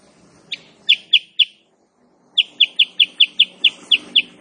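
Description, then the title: Bulbul chirping: a short series of high chirps, a pause, then a steady run of similar chirps over soft background noise. Female sooty-headed bulbul (kutilang sutra), singing continuously and rapidly; recording used as master song for training cage birds. "Masteran Kutilang Sutra. Kutilang SUTRA BETINA GACOR nembak RAPAT"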